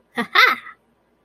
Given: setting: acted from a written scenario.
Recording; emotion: vocal sound without words; triumph